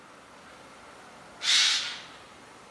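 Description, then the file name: Eurasian jay giving a single harsh, rasping screech lasting about half a second in an otherwise quiet background. "Garrulus glandarius"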